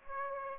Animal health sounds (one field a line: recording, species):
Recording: mosquito wingbeat signal from an infrared sensor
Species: Aedes aegypti